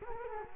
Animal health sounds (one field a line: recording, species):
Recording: mosquito wingbeat signal from an infrared sensor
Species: Culex quinquefasciatus